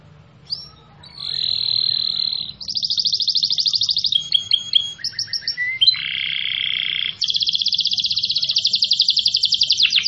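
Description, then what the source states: Canary song in varied tours: steady whistled notes and pulsed trills that switch pitch between phrases, ending in a long, fast pulsing trill. Singing vigorously and persistently (gacor).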